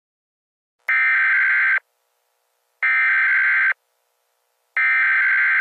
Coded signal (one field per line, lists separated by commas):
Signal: Emergency Alert System (SAME) tones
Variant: header bursts